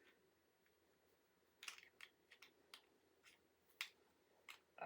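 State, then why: Not seated. A plastic microphone boom clip on a WinBridge C002 voice amplifier headset is pushed and shifted along the headpiece while trying to find its locking position. Faint background hiss gives way to a series of short, sharp plastic taps and clicks from about 1.6 to 4.5 seconds, followed by a louder, longer rustle at the end. The clip does not lock, and nothing has clicked into place yet.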